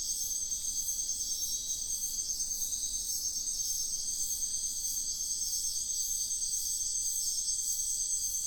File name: felix blume nature ambience wetland night frogs crickets insects sian kaan biosphere reserve